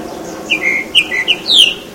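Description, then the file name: Tropical mockingbird song: a quick series of clear whistled notes, some sliding down, ending in a louder downward-slurred note. Recorded at Baby Beach, Aruba, on 21 November 2013. "Mimus-gilvus-Baby Beach-Aruba-21-11-13-ASilveira"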